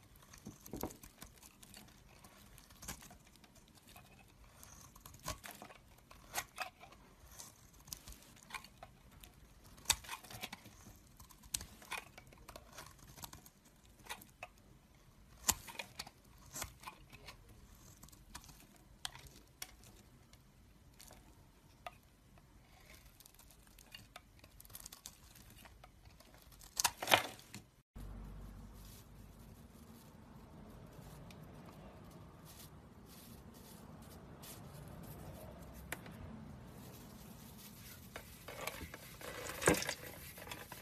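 Soap carving: a knife scrapes and clicks against the bar in sharp, irregular ticks over a quiet background for the first 28 seconds. After an abrupt cut, the scraping turns denser and grittier over a low rumble, growing louder toward the end.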